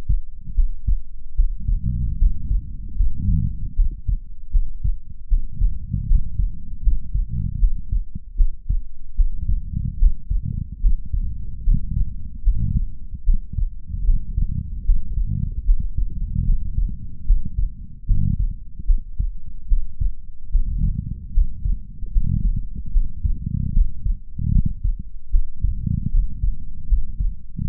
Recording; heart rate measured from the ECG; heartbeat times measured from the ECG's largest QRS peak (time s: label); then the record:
heart sounds by stethoscope; 75 bpm
0.53 s: heartbeat
1.34 s: heartbeat
2.16 s: heartbeat
2.94 s: heartbeat
3.73 s: heartbeat
4.50 s: heartbeat
5.27 s: heartbeat
6.05 s: heartbeat
6.81 s: heartbeat
7.58 s: heartbeat
8.35 s: heartbeat
9.14 s: heartbeat
9.97 s: heartbeat
10.79 s: heartbeat
11.62 s: heartbeat
12.41 s: heartbeat
13.23 s: heartbeat
14.03 s: heartbeat
14.83 s: heartbeat
15.63 s: heartbeat
16.43 s: heartbeat
17.24 s: heartbeat
18.05 s: heartbeat
18.84 s: heartbeat
19.66 s: heartbeat
20.49 s: heartbeat
21.31 s: heartbeat
22.10 s: heartbeat
22.90 s: heartbeat
23.71 s: heartbeat
24.50 s: heartbeat
25.29 s: heartbeat
26.09 s: heartbeat
26.86 s: heartbeat
27.63 s: heartbeat
From the record:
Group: healthy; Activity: rest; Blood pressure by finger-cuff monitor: 90/51 mmHg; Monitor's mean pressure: 65 mmHg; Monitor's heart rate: 75 bpm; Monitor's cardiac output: 6.5 L/min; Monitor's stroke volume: 87 mL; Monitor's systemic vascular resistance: 720 dyn s/cm5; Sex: female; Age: 26 years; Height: 165 cm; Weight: 55 kg